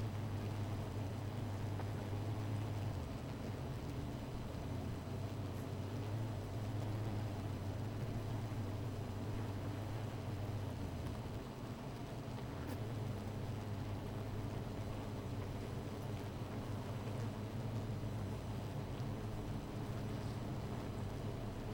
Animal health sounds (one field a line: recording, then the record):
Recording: honeybee colony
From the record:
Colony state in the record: missing queen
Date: 14 July 2017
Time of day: 16:21